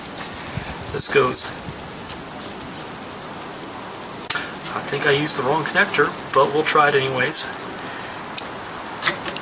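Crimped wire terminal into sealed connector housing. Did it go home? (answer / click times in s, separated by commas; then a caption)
no / none. A crimped metal pin terminal on a stripped wire is handled at the back of a sealed multi-pin connector housing, possibly the wrong connector, while someone talks over light background noise and a few sharp handling ticks. Nothing has seated or clicked yet; the terminal is not yet home in the housing.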